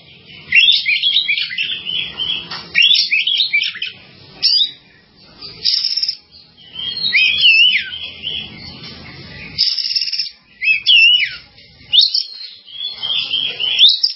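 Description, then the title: Java sparrow song in repeated bursts every couple of seconds, each a jumble of bright high chirps and clicking notes. "kicau gelatik"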